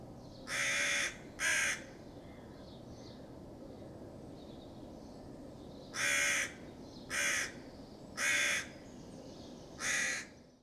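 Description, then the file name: Crow cawing in alarm: two quick harsh caws, a pause of several seconds, then four more rasping caws about one to two seconds apart. Crows giving alarm calls in response to a fox. "Crows Alarm Calls Because Of Fox"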